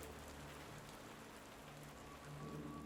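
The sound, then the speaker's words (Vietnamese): Sudden rain patters steadily on a domed roof, a dense, even hiss of countless drops with a low rumbling undertone, swelling slightly louder near the end. No voices. “Ngoài kia, một trận mưa bất ngờ đổ xuống, mái vòm kêu lên rào rào.”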